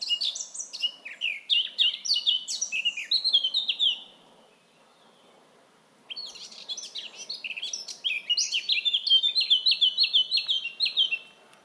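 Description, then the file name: Eurasian blackcap warbling in quick high twittering bursts for about four seconds, falling silent for two, then resuming with a brisk run of repeated fluty notes. "Sylvia atricapilla"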